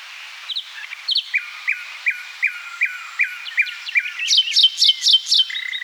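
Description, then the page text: Common nightingale song: a series of rapidly repeated slurred downward whistles, ending in loud high chattering notes and a short buzz. Song of the eastern form. "Eastern Common Nightingale Song. Quick Sounds"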